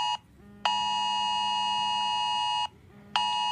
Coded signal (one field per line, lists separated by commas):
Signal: Emergency Alert System (SAME) tones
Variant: 853 and 960 Hz attention tone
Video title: eas alarm part 2